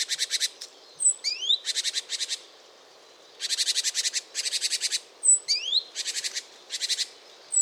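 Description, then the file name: Great tit churring calls: buzzy rattled bursts of rapid pulses, each under a second, repeated in quick series, with thin rising whistled notes between them. "Parus major"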